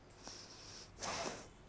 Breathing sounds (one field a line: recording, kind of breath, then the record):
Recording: one breath in and out by a microphone near the nose and mouth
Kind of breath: deep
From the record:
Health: marked as sick, illness not named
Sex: female